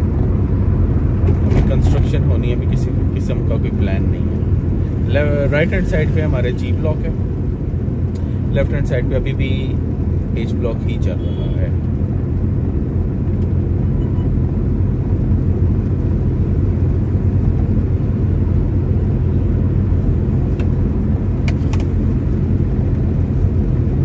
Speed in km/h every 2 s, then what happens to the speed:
28, 27, 27, 27, 28, 28, 28, 28, 28, 28, 28, 28.
0-24 steady at about 28.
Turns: none.